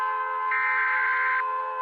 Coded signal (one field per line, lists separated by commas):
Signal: Emergency Alert System (SAME) tones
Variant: header bursts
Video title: ￼Rating EAS Alarms S2 Part 3: The Long Boi